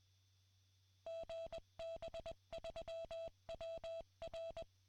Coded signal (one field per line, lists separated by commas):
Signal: Morse code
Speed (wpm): 20 wpm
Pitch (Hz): 660 Hz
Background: none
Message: GB3WR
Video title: HAM Radio VHF